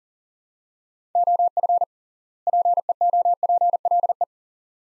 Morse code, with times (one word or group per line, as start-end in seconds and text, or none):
1.2-1.8 OF
2.5-4.2 PEOPLE